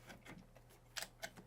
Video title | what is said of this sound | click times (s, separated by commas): Is the UGREEN AI NAS Worth It for Photographers? (Setup + Workflow) | It's clicked into place. | 1.0 s, 1.2 s